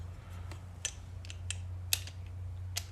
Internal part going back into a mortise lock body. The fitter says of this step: where it snaps back in place